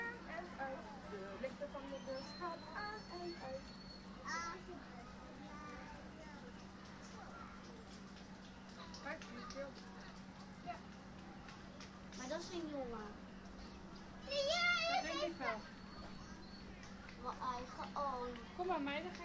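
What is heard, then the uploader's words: Visitors chatter while walking through the zoo, overlapping voices of adults and children running throughout. A steady low hum sits underneath. Brighter, excited child voices and squeals rise around 14–15 seconds and again near 18 seconds. A walk through the zoo Blijdorp, Rotterdam. It was way too crowded. Record the visitors around me while walking through the zoo.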